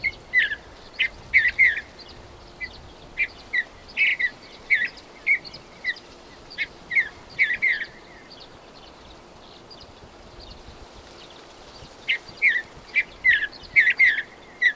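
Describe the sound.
Bird calls in bursts of bright, clipped chirps, a steady run, a pause of several seconds, then another lively burst.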